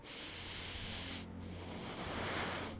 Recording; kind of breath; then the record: one breath in and out by a microphone near the nose and mouth; deep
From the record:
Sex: male